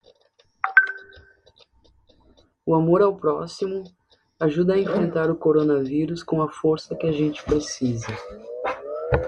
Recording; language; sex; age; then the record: spoken sentence; Brazilian Portuguese; female; 50 to 59 years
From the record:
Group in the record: control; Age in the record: 53 years